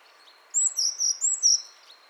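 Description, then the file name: Eurasian blue tit uttering a high, thin phrase: piercing opening notes followed by a quick run of a few lower notes, over soft background hiss. "Cyanistes caeruleus"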